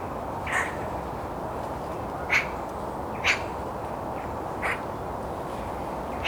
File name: Pica pica